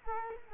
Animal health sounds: mosquito wingbeat signal from an infrared sensor; Culex quinquefasciatus

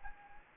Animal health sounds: mosquito wingbeat signal from an infrared sensor; Anopheles gambiae

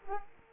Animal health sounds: mosquito wingbeat signal from an infrared sensor; Culex quinquefasciatus

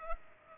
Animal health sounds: mosquito wingbeat signal from an infrared sensor; Culex pipiens

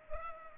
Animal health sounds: mosquito wingbeat signal from an infrared sensor; Culex pipiens

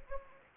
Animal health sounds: mosquito wingbeat signal from an infrared sensor; Anopheles gambiae

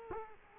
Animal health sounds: mosquito wingbeat signal from an infrared sensor; Culex quinquefasciatus

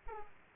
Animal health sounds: mosquito wingbeat signal from an infrared sensor; Aedes aegypti

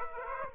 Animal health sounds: mosquito wingbeat signal from an infrared sensor; Aedes aegypti

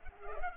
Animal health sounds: mosquito wingbeat signal from an infrared sensor; Culex pipiens

